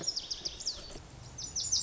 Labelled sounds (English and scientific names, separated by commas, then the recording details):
Lazuli Bunting (Passerina amoena)
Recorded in Sonoma County, California